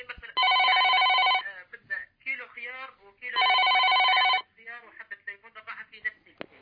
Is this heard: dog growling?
no